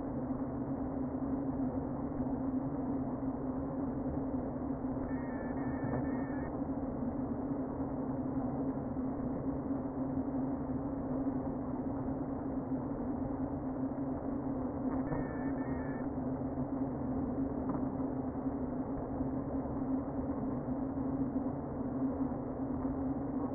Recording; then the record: honeybee colony, microphone inside the hive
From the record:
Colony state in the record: queen present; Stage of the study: before two queens were removed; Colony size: about 60,000 bees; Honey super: yes